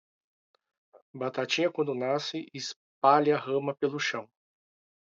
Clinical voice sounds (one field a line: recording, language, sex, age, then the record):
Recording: short text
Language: Brazilian Portuguese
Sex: male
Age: 40 to 49 years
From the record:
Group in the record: control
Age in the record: 46 years